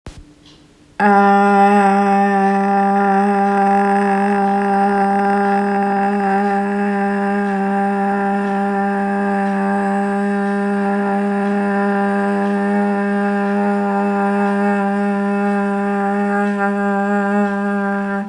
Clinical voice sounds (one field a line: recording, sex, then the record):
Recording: sustained vowel /a/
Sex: female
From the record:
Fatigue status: fatigue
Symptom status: symptomatic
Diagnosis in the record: COVID-19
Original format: m4a